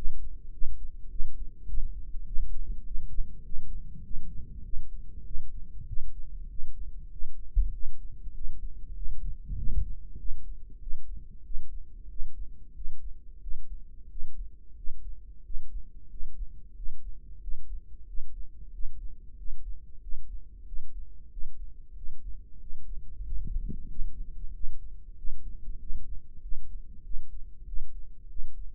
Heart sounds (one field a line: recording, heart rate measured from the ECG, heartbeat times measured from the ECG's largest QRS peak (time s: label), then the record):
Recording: heart sounds by microphone in the right ear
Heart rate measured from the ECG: 95 bpm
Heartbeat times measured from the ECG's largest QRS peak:
0.54 s: heartbeat
1.11 s: heartbeat
1.69 s: heartbeat
2.27 s: heartbeat
2.86 s: heartbeat
3.45 s: heartbeat
4.05 s: heartbeat
4.65 s: heartbeat
5.26 s: heartbeat
5.88 s: heartbeat
6.51 s: heartbeat
7.13 s: heartbeat
7.74 s: heartbeat
8.36 s: heartbeat
8.97 s: heartbeat
9.58 s: heartbeat
10.20 s: heartbeat
10.82 s: heartbeat
11.46 s: heartbeat
12.11 s: heartbeat
12.76 s: heartbeat
13.42 s: heartbeat
14.11 s: heartbeat
14.78 s: heartbeat
15.45 s: heartbeat
16.11 s: heartbeat
16.77 s: heartbeat
17.43 s: heartbeat
18.09 s: heartbeat
18.74 s: heartbeat
19.39 s: heartbeat
20.03 s: heartbeat
20.67 s: heartbeat
21.32 s: heartbeat
21.97 s: heartbeat
22.61 s: heartbeat
23.26 s: heartbeat
23.91 s: heartbeat
24.55 s: heartbeat
25.18 s: heartbeat
25.81 s: heartbeat
26.43 s: heartbeat
27.05 s: heartbeat
27.68 s: heartbeat
28.30 s: heartbeat
From the record:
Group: healthy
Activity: rest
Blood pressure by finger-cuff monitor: 133/75 mmHg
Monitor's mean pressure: 92 mmHg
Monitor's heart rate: 94 bpm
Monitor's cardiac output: 7.8 L/min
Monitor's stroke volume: 83 mL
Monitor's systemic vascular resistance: 880 dyn s/cm5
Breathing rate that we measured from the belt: 17 breaths a minute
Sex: male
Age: 21 years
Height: 175 cm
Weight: 72.6 kg